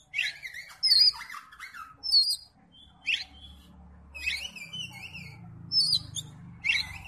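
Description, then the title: Oriental magpie-robin song: varied bursts of sharp whistles and chattering notes in short phrases separated by pauses, over a faint low hum. "Kacer"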